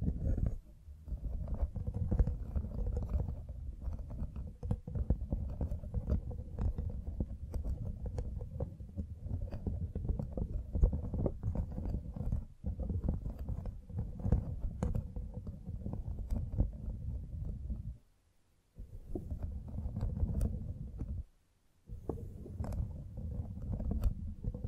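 A microphone being brushed and scratched, producing a dense, low rumbling scrape that runs almost without a break. Sharp clicks and crackles flick through the rubbing. The sound drops out briefly around 18 seconds and again near 21 seconds before resuming.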